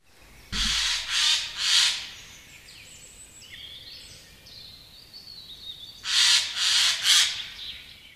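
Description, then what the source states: Eurasian jay giving harsh, rasping screeches, three in quick succession, then a pause with faint background bird calls, then three more screeches. Kloostrimets, Estonia.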